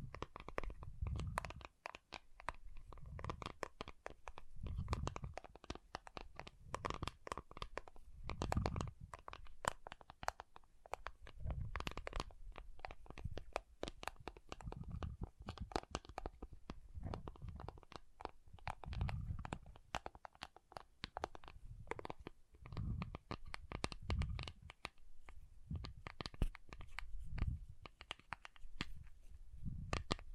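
Water beads are squished and rolled, giving a dense run of wet clicks and squelchy pops that rarely pauses. Soft low thumps recur every couple of seconds in a loose rhythm beneath the crisp clicking, which stays fairly even throughout.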